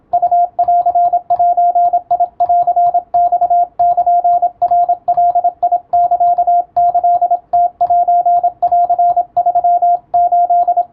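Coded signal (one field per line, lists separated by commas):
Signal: Morse code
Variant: Japanese Wabun code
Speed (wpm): 27 wpm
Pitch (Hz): 700 Hz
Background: radio noise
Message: ウンゼンマルナガサキムセン38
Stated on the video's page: Japanese wabun Morse code practice sent with a telegraph key, using a Japanese telegram practice book.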